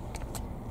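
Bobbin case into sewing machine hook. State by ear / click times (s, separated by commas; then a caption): seated / 0.1 s. A loaded bobbin case is pushed into the hook area of a BERNINA sewing machine by pressing on the side away from its circular indent. A single short click sounds at 0.15 s as the bobbin case seats into place.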